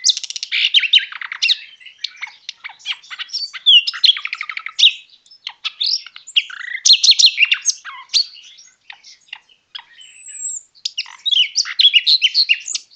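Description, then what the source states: Common nightingale singing fast varied phrases: buzzy rattles, repeated clicking notes and bright whistles, with short gaps between bursts. Recorded on 22 March 2014.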